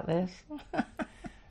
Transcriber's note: laughs